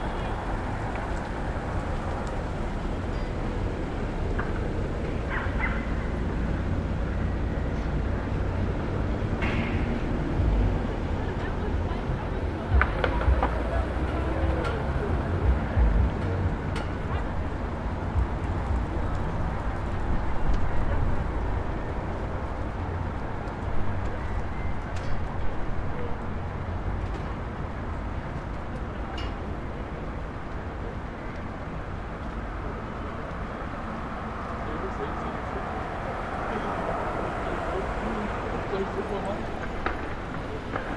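A rooftop on Starr Street in Brooklyn carries a steady, dense wash of city traffic with a heavy low rumble throughout. Scattered sharp knocks and clatters break through around the first twenty seconds, and faint voices drift in and out of the constant hum.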